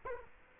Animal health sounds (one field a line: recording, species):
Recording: mosquito wingbeat signal from an infrared sensor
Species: Culex quinquefasciatus